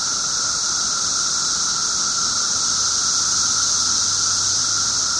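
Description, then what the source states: Periodical cicada: a dense chorus of periodical cicadas drones without pause, a shrill hissing wall of sound over a constant whining note, with a faint low hum. 17-year periodical cicadas recorded 18 June 2007 at 1:00 pm.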